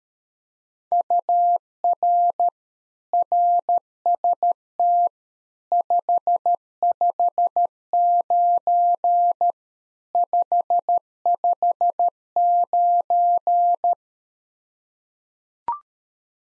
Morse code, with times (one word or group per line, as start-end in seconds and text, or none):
0.9-2.5 UR
3.1-5.1 RST
5.7-9.5 559
10.2-13.9 559